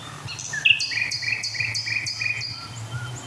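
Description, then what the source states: Common Nightingale song: a phrase of sliding whistles together with a run of sharp repeated high notes, over a low hum. Nightingale song; phrase described as a high C, gurgling, a rolling part and then a closing strophe.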